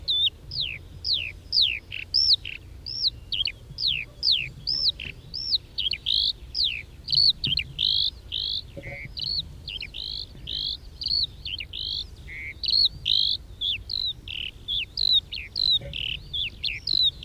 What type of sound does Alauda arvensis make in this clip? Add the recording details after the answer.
flight song. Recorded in the wild. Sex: male. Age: adult. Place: Röttenbach, Bayern, DE. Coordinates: 49.665, 10.9544. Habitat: edge of the woods, wet meadow. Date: 1964-06-27. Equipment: Original, Vollspur, Parabolspiegel Grampian. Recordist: Tretzel, Erwin